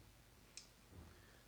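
The locking catch on the drop weight guide rod of a Dynatest 3031 light weight deflectometer clicks shut as the lock engages; the catch has two legs that must both be pressed to open it. A single sharp, bright click sounds at 0.6 s over a low steady background, followed by a faint low thump near 1.0 s. The catch is seated and locked.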